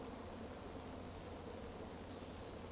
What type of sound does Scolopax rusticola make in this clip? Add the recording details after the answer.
whistle. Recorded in Baden-Württemberg, Germany, on 11 June 2020 at 20:18 UTC. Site 14569, 102 m above sea level